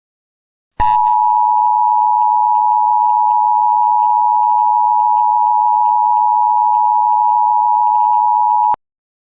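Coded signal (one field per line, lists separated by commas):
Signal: Emergency Alert System (SAME) tones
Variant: 853 and 960 Hz attention tone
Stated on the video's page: Fake tornado emergency that contains valid EAS tones capable of triggering a real alert.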